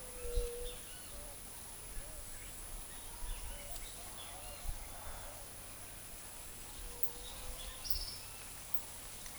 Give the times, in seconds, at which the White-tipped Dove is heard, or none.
0.00-0.83